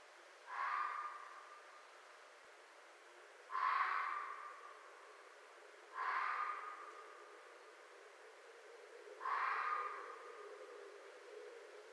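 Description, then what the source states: Red fox barking, four harsh, hoarse single barks with a ringing tone, spaced about three seconds apart, over a faint steady background hiss. Recorded 4 May 2011.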